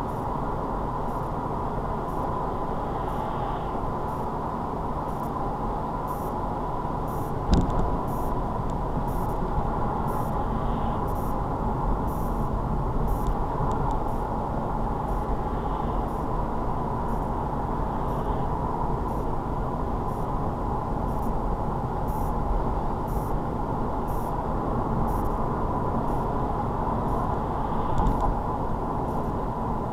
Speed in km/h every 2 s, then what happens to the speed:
44, 44, 44, 44, 44, 44, 44, 44, 44, 44, 44, 44, 44, 44, 44.
0-30 steady at about 44.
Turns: none.